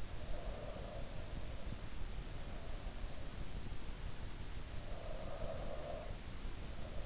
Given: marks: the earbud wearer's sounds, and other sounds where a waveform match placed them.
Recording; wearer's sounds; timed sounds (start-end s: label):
sounds in sleep by an in-ear microphone; breath
0.15-1.46 s: breath
4.95-7.06 s: breath